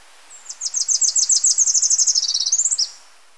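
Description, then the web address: Tropical parula song: a fast, high, evenly spaced trill of about twenty sharp notes that ends in a brief buzzy upward flick, lasting under three seconds. Ecuador. "Natures Songs S America Birds of Ecuador Tropical Parula"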